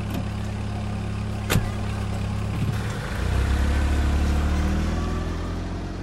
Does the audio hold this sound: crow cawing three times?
no